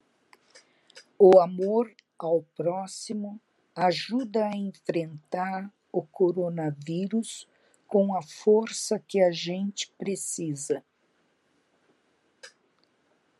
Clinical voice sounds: spoken sentence; Brazilian Portuguese; female; 70 to 79 years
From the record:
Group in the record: control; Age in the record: 71 years

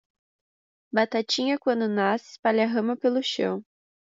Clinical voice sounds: short text; Brazilian Portuguese; female; 20 to 29 years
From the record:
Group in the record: control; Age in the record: 20 years

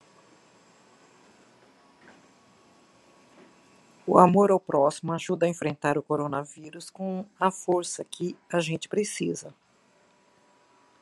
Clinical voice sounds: spoken sentence; Brazilian Portuguese; female; 60 to 69 years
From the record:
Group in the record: control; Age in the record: 66 years

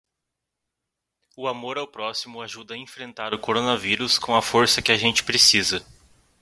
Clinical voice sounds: spoken sentence; Brazilian Portuguese; male; 30 to 39 years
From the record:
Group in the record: control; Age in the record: 32 years

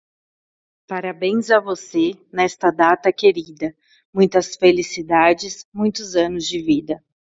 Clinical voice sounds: short text; Brazilian Portuguese; female; 30 to 39 years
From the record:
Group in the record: control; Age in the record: 31 years

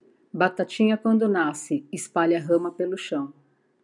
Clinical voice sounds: short text; Brazilian Portuguese; female; 50 to 59 years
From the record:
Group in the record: control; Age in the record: 54 years

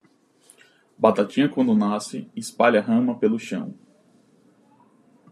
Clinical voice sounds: short text; Brazilian Portuguese; male; 30 to 39 years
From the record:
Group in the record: control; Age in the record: 36 years

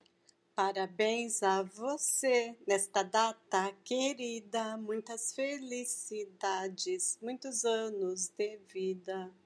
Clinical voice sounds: short text; Brazilian Portuguese; female; 40 to 49 years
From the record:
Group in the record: control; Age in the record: 45 years

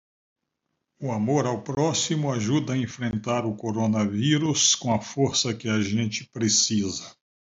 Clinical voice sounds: spoken sentence; Brazilian Portuguese; male; 60 to 69 years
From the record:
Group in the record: control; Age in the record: 67 years

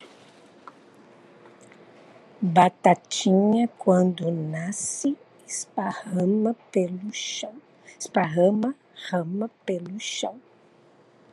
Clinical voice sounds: short text; Brazilian Portuguese; female; 60 to 69 years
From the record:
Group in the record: control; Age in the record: 61 years

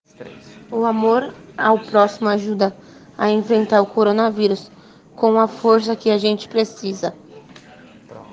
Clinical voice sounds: spoken sentence; Brazilian Portuguese; female; 20 to 29 years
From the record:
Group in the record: respiratory insufficiency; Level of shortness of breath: 5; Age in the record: 21 years

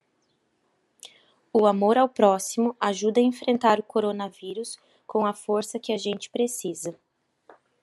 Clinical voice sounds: spoken sentence; Brazilian Portuguese; female; 30 to 39 years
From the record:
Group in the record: control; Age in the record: 31 years

